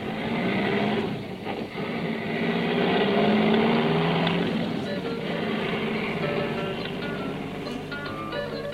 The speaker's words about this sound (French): La voiture se perdit dans un dédale de ruelles tortueuses à travers le quartier indigène.